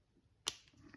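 A metal anti-squeal shim is clipped onto the backing plate of a rear brake pad on a 2010–2015 Lexus RX350/RX450h. A single sharp click is heard at 0.5 s, followed by softer handling taps around 0.7 s and 0.9 s. The shim is confirmed seated.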